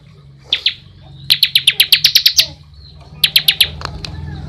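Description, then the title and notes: Bar-winged prinia song: fast series of sharp, clicky high notes in a few short bursts, with scattered notes and a quiet low hum underneath. Ngebren song style, used as a tutor recording for training white-rumped shamas. "Ciblek Ngebren Untuk Masteran Murai Batu. Suara burung ciblek"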